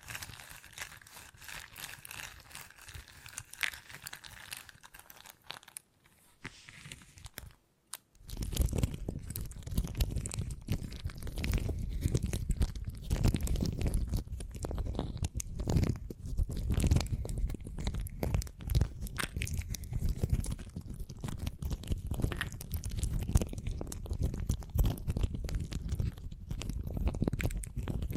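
Beeswax being handled, starting with light crinkly crackles, then dropping to near silence around six to eight seconds. From about eight seconds on, dense crunching and squishing fills the rest, steady and busy with a heavy low thump under many sharp clicks.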